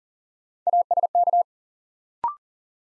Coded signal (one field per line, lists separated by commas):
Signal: Morse code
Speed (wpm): 40 wpm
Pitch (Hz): 700 Hz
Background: none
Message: ASK